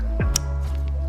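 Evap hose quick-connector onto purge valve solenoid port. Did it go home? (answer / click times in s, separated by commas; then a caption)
yes / 0.4 s. On a 2008–2012 Chevy Malibu getting a replacement purge valve solenoid for code P0496, the lower evap vapor hose quick-connector is pushed onto the solenoid's port over steady background music and a low hum. A faint, short click at 0.4 s marks the connector seating on the port.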